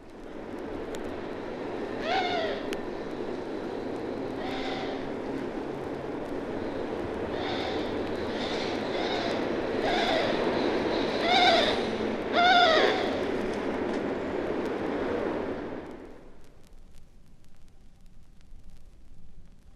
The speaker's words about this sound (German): Und jetzt den näselnden Flugruf, umgeben vom Lärm einer Großstadt.